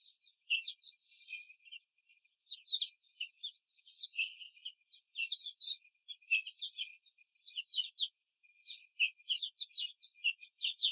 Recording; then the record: young laying hens in a cage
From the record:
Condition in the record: control cage, before the stress test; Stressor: none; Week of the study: 4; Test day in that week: 1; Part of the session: 4